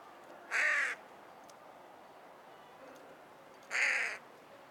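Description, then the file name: Carrion crow calling two rough, hoarse caws about three seconds apart against a quiet background. "Corvus corone - Carrion Crow"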